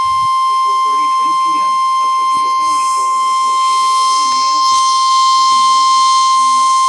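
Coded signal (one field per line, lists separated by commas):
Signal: Emergency Alert System (SAME) tones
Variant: 1050 Hz attention tone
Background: speech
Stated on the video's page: Severe Thunderstorm and Special Marine Warnings received from NOAA Weather Radio transmitters.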